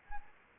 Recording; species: mosquito wingbeat signal from an infrared sensor; Anopheles arabiensis